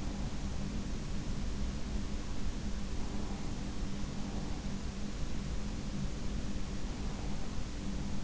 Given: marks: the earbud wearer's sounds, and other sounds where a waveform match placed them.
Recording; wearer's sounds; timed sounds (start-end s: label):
sounds in sleep by an in-ear microphone; breath
2.81-4.63 s: breath